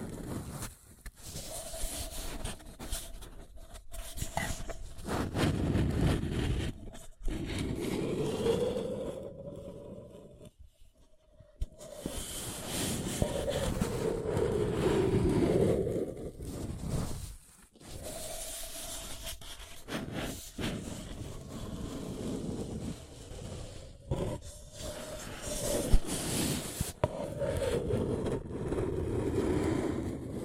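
Crinkly scraping and rubbing on a paper cup comes in bursts with brief silent gaps, its rough texture shifting between soft and brighter passes.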